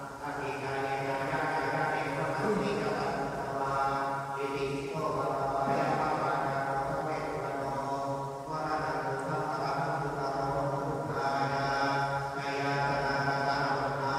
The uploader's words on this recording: Chanting monks, Chiang Mai. Monks and Buddhists chanting during the evening prayer ceremony, Chiang Mai, Thailand. Recorded by Alex Boyesen.